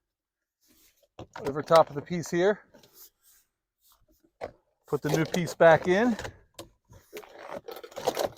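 A new vinyl siding panel, cut to fit with overlap, is handled and positioned over the siding course below while someone talks, with a few faint scrapes and knocks between words. Nothing has seated or snapped into place yet.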